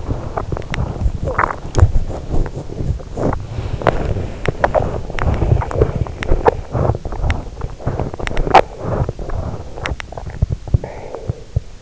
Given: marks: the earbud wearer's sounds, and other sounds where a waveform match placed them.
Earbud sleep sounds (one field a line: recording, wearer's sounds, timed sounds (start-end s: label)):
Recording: sounds in sleep by an in-ear microphone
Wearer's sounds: swallowing, teeth grinding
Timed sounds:
0.00-2.07 s: swallowing
1.87-9.30 s: teeth grinding
9.56-11.82 s: swallowing